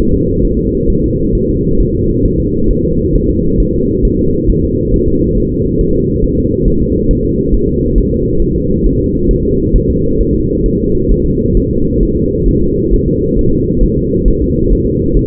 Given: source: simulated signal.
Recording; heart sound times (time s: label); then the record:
fetal heart sounds
0.14 s: S2
0.45 s: S1
0.59 s: S2
0.90 s: S1
1.04 s: S2
1.35 s: S1
1.49 s: S2
1.81 s: S1
1.95 s: S2
2.26 s: S1
2.40 s: S2
2.70 s: S1
2.85 s: S2
3.15 s: S1
3.30 s: S2
3.60 s: S1
3.74 s: S2
4.05 s: S1
4.19 s: S2
4.50 s: S1
4.64 s: S2
4.94 s: S1
5.08 s: S2
5.38 s: S1
5.52 s: S2
5.81 s: S1
5.95 s: S2
6.24 s: S1
6.38 s: S2
6.68 s: S1
6.82 s: S2
7.11 s: S1
7.25 s: S2
7.54 s: S1
7.69 s: S2
7.98 s: S1
8.12 s: S2
8.42 s: S1
8.56 s: S2
8.86 s: S1
9.01 s: S2
9.31 s: S1
9.45 s: S2
9.76 s: S1
9.90 s: S2
10.21 s: S1
10.35 s: S2
10.66 s: S1
10.80 s: S2
11.11 s: S1
11.26 s: S2
11.57 s: S1
11.71 s: S2
12.03 s: S1
12.17 s: S2
12.48 s: S1
12.62 s: S2
12.94 s: S1
13.08 s: S2
13.39 s: S1
13.53 s: S2
13.83 s: S1
13.98 s: S2
14.28 s: S1
14.42 s: S2
14.72 s: S1
14.87 s: S2
15.17 s: S1
From the record:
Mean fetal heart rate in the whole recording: 135 bpm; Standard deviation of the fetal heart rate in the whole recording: 3 bpm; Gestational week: 36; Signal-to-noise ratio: -15.3 dB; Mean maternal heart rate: 72 bpm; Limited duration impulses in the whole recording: present